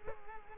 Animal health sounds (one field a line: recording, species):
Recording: mosquito wingbeat signal from an infrared sensor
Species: Culex quinquefasciatus